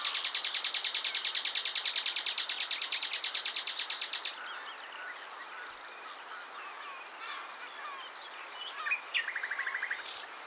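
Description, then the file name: Common nightingale song opening with a loud, fast, even trill of sharp repeated notes for four seconds, then softer scattered notes and a short rattling phrase over steady background hiss. "Luscinia megarhynchos"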